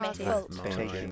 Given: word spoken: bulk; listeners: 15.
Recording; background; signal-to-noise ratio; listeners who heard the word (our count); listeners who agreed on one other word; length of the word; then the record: one English word in noise, from a listening test; four-talker babble; -1.2 dB; 0 of 15; 6 of 15; 0.72 s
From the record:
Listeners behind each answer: 6, 2, 1, 1, 1, 1, 1, 1, 1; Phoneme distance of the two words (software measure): 30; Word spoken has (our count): 1 syllable, 4 phonemes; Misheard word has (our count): 1 syllable, 4 phonemes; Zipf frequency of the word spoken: 3.81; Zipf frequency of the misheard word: 4.75